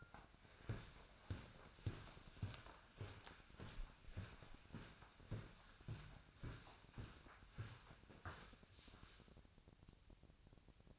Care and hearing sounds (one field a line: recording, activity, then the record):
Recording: daily activity, microphone in the room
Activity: walk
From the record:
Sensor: 2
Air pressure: 1009.2 hPa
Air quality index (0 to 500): 179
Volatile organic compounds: 2 ppm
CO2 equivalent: 1308 ppm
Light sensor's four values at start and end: 48/126/54/60 and 48/124/54/59